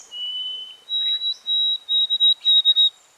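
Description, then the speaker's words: White-throated sparrow song, a long pure whistled note, then a slightly higher held whistle breaking into a few short clipped notes at the end. Recorded about 60 years after an early-1950s recording; a simpler, shorter song with an abbreviated ending. "This bird sings a simpler, shorter song with an abbreviated ending."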